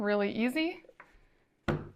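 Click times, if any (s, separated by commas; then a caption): 1.7 s. Someone talks while fitting a plastic stand into the back of a Bloomin8 AI digital photo frame for portrait orientation. A faint tap comes at about 1.0 s, then a sharp, short click at 1.7 s as the stand pops into place and seats.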